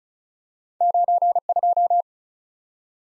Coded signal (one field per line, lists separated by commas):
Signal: Morse code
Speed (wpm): 36 wpm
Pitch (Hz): 700 Hz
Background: none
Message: 92